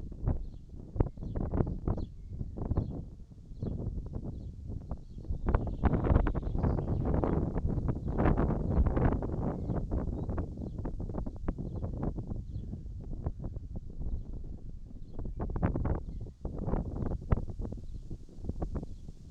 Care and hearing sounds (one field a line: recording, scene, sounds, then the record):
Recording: everyday scene through a hearing-aid microphone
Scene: wind on the microphone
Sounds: wind, birds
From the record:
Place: in front of a rural house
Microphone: in the ear canal, right